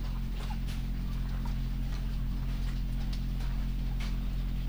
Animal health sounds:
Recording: poultry house recording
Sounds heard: sick chickens (respiratory disease)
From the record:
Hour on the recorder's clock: 3

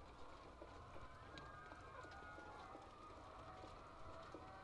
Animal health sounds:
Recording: poultry house recording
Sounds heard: healthy chickens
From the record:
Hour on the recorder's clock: 7

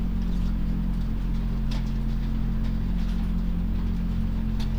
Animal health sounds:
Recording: poultry house recording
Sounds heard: healthy chickens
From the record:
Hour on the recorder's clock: 21

